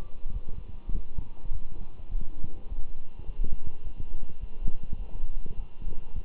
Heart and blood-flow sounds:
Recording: heart sounds by stethoscope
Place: between the tricuspid and mitral areas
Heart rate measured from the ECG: 103 bpm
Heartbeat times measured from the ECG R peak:
0.33 s: heartbeat
0.92 s: heartbeat
1.52 s: heartbeat
2.10 s: heartbeat
2.69 s: heartbeat
3.27 s: heartbeat
3.83 s: heartbeat
4.40 s: heartbeat
4.98 s: heartbeat
5.56 s: heartbeat
6.15 s: heartbeat
From the record:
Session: walking at 3.7 km/h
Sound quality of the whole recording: good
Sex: male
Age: 24 years

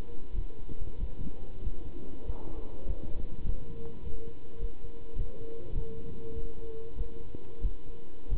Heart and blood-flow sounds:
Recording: heart sounds by stethoscope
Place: between the tricuspid and mitral areas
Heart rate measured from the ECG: 98 bpm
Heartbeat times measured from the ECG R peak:
0.34 s: heartbeat
0.99 s: heartbeat
1.62 s: heartbeat
2.25 s: heartbeat
2.85 s: heartbeat
3.45 s: heartbeat
4.02 s: heartbeat
4.60 s: heartbeat
5.16 s: heartbeat
5.73 s: heartbeat
6.33 s: heartbeat
6.96 s: heartbeat
7.62 s: heartbeat
8.30 s: heartbeat
From the record:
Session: pedaling a stationary bicycle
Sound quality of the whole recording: good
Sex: male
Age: 27 years

